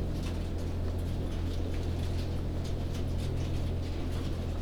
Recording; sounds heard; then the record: poultry house recording; no chicken sound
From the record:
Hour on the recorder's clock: 20